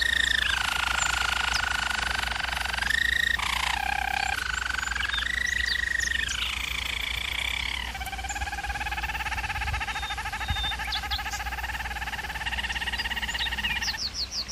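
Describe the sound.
Bird song with sliding whistled trills early on, then a long low, even rattle, ending with a few fast high notes, over a continuous low hum.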